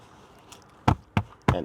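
Plastic trim panel clips on a 2026 Tesla Model Y Juniper are pressed back into the vehicle's interior panel after a HEPA and cabin filter replacement. Three loud, sharp snaps ring out over a quiet background at 0.9, 1.2 and 1.5 seconds, and the clips seat firmly home.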